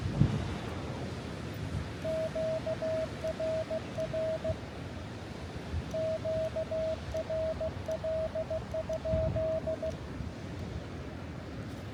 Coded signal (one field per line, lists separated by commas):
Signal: Morse code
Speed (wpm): 16 wpm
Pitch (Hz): 640 Hz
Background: none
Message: QRR QRL?